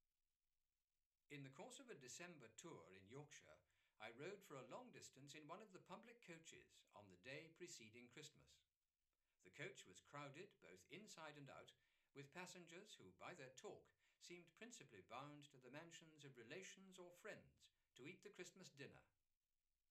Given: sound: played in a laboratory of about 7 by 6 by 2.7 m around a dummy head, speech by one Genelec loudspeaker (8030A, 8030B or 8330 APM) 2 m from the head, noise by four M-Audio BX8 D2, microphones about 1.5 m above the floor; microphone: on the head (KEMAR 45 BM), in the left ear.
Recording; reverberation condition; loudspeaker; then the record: male speech in English; low; 90 degrees to the left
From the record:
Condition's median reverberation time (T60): about 310 ms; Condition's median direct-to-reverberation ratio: about 3.5 dB